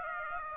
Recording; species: mosquito wingbeat signal from an infrared sensor; Aedes aegypti